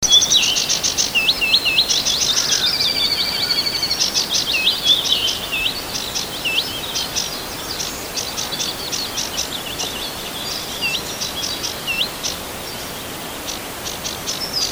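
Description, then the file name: Sedge warbler song: a long, restless stream of scratchy chatter, rapid clicks and repeated whistled notes, varied and jumbled. "Ruokokerttunen"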